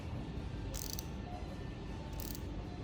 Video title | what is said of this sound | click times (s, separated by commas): Making a Flair for Air Conditioning pipe Work | Yep, that's a click, so that means that's done. | 0.9 s, 1.0 s